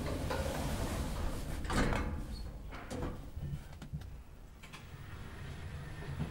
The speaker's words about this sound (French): Fermeture des portes.